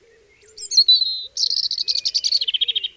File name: robin